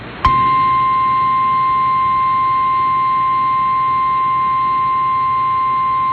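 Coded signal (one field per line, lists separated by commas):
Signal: Emergency Alert System (SAME) tones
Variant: 1050 Hz attention tone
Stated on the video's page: Real alerts received during a severe weather outbreak.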